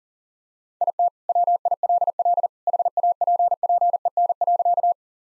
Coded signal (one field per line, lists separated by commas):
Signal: Morse code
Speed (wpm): 40 wpm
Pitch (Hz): 700 Hz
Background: none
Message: IT WILL HAPPEN.